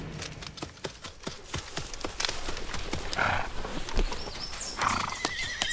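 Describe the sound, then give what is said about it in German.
Horses' hooves clop at a stud farm in a steady, irregular patter of sharp knocks, while a couple of high, shrill whinnies break through partway along. No one speaks. “2 Pferde wollen Sie?”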